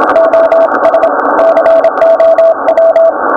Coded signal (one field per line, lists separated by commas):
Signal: Morse code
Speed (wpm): 27 wpm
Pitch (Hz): 660 Hz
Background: none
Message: OS COW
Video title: Ayo DX dengan mode CW